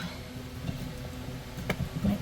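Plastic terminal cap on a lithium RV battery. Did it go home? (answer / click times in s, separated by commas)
yes / 1.7 s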